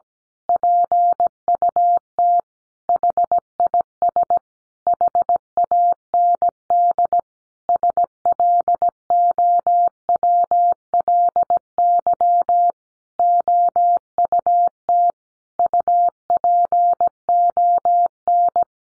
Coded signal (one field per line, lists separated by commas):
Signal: Morse code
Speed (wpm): 17 wpm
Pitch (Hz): 700 Hz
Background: none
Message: PUT HIS HAND SLOWLY OUT UPON